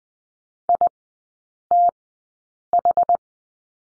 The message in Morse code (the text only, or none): ITH